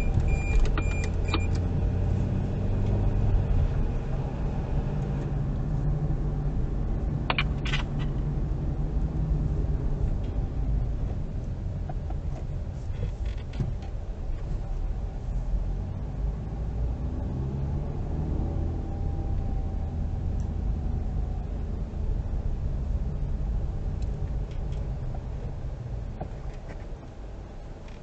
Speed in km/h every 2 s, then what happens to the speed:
32, 34, 37, 39, 36, 27, 11, 13, 19, 23, 24, 9, 16, 24.
0-7 speeds up to 39. 7-12 brakes to 11. 12-17 speeds up to 23. 17-23 slows to 9. 23-26 speeds up to 24.